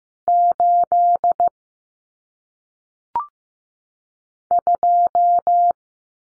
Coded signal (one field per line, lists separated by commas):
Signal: Morse code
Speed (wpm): 15 wpm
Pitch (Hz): 700 Hz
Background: none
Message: 8 2